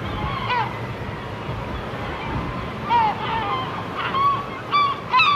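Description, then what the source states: Gull calls: several sharp, downslurred cries at irregular intervals, with a low background. Seagulls on the shore.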